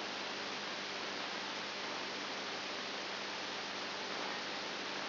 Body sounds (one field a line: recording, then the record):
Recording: brain microelectrode recording played as sound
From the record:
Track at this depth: outside the subthalamic nucleus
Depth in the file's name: 7.3 mm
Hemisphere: right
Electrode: 2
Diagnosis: Parkinson's disease